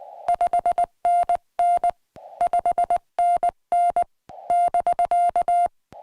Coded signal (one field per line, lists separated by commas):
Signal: Morse code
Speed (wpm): 19 wpm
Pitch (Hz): 2800 Hz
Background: music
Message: 5NN 5NN <BK>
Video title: #HamRadio Live! Show 271. Summits On The Air (SOTA). What They Are And How To Do One Of Your Own!￼